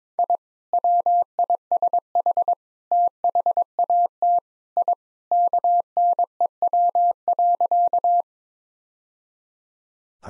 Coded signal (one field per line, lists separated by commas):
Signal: Morse code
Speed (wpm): 22 wpm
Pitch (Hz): 700 Hz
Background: none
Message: I WISH THAT I KNEW.